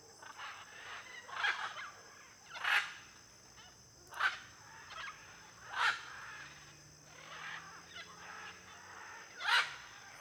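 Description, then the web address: Blue-and-yellow macaw calls: loud rasping squawks at irregular intervals from a flock, over continuous cricket drone. Flock of macaws in an area with many palm trees, with cricket noise. "Conjunto de Araras em Area de Muitas Palmeiras e ruidos de grilo. etiqueta arara-caninde"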